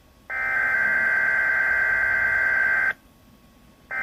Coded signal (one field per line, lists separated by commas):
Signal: Emergency Alert System (SAME) tones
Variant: header bursts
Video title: EAS Alerts From March (EAS COMPILATION #1)